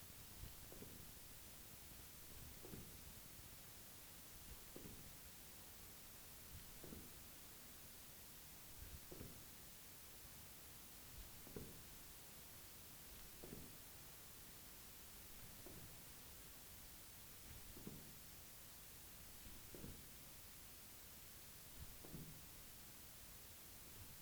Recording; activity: daily activity, guitar pickup as the sensor; jump